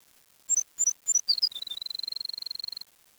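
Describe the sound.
Bird song: paired high notes stepping downward, then a rapid, steady trill held for more than a second on one pitch, in a quiet background.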